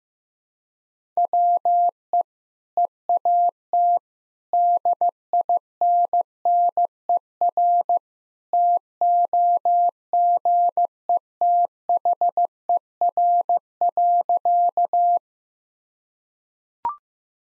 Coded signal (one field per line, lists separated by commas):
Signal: Morse code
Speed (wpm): 15 wpm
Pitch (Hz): 700 Hz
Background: none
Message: WE EAT DINNER TOGETHER.